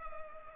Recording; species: mosquito wingbeat signal from an infrared sensor; Culex pipiens